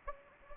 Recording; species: mosquito wingbeat signal from an infrared sensor; Anopheles gambiae